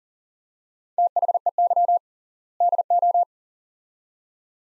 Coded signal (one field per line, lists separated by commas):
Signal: Morse code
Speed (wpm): 40 wpm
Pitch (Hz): 700 Hz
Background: none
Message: THEY DO